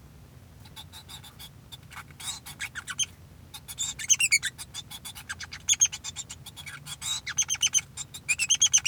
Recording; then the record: song of a male Bengalese finch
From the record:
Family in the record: son of father 2